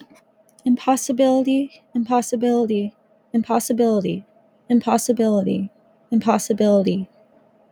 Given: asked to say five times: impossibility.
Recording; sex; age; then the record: repeated word; female; 20 to 29 years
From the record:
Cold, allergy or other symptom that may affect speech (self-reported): no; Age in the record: 25 years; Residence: Washington, United States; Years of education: 17